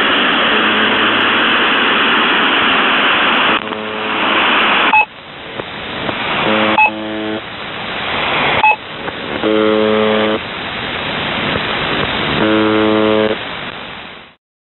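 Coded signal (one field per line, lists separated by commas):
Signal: channel marker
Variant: UVB-76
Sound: harsh repeated buzzes under heavy static, with a few short tone blips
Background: radio static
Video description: "The Buzzer" is a Russian military radiostation that broadcasts on 4625 kHz.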